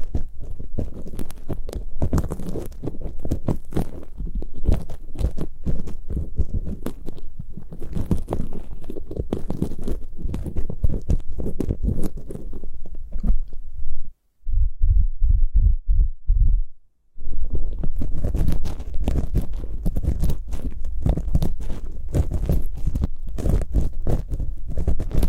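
Ear picking with several props makes a dense run of scratchy, crackling rubs and taps, mostly low and muffled with bright edges. Around fourteen seconds it drops to brief silence, then a short patch of soft rhythmic thumps, before the busy scraping returns until the end.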